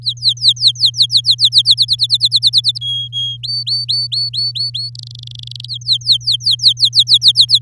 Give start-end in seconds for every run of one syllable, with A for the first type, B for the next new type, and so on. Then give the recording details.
0.02-1.62 A, 1.65-2.78 B, 2.81-3.37 C, 3.43-4.90 D, 4.95-5.65 E, 5.68-7.59 A. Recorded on 7 May 2018 at 05:51. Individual llb16